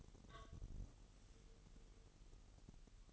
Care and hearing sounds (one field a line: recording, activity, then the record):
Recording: daily activity, microphone in the room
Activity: take from stove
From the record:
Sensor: 4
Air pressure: 989.1 hPa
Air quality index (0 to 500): 211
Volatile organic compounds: 60 ppm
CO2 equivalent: 3416 ppm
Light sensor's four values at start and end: 29/98/36/38 and 29/98/36/38